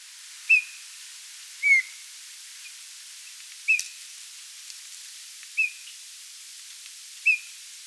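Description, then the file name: Eurasian bullfinch calls: short, soft whistled notes, each slightly downslurred, given singly about every one to two seconds with pauses between. "Pyrrhula pyrrhula"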